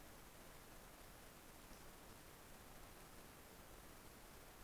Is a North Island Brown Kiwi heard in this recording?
no